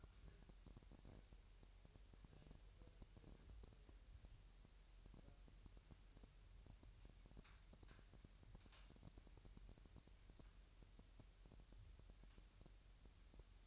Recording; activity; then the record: daily activity, microphone in the room; take from stove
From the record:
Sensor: 2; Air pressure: 1001.8 hPa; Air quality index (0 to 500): 241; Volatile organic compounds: 31 ppm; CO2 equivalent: 2989 ppm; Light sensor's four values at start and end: 5/11/4/5 and 5/11/4/5